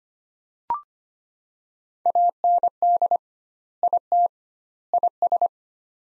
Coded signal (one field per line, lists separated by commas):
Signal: Morse code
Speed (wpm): 25 wpm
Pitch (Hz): 700 Hz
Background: none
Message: AND IT IS